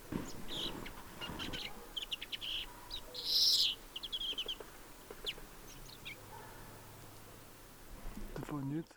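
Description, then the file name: European greenfinch calls: high chirps and short trills around a loud, buzzy drawn-out note, with a low background hum. "Chloris chloris"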